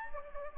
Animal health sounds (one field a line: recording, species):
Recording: mosquito wingbeat signal from an infrared sensor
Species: Anopheles gambiae